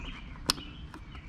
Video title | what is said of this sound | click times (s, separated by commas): 2021 Kia Soul Brake Light Replacement / FIX THAT | heard that click that's what you're talking about | 0.5 s